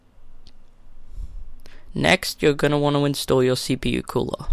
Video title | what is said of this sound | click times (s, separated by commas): How to Build a PC - Epic Gaming Rig PC Guide | and it should click right into place. | 0.5 s, 1.7 s